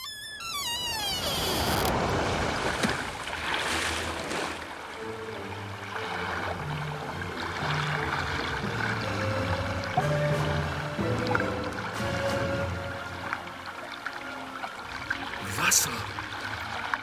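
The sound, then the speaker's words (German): Water runs and trickles steadily outside an open window for the whole stretch, a dense rushing wash with low hums underneath, opening with a brief falling squeal and a few faint clicks later on. “Wasser! Und diese Vogelfetzen!”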